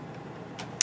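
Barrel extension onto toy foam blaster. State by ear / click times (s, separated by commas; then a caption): seated / 0.8 s. A plastic barrel extension is angled about 45° onto a toy foam blaster and twisted into place. Low, quiet rumbling leads into a brief soft hiss near 0.6 seconds. A sharp, short click at 0.8 seconds marks the barrel locking tightly onto the blaster.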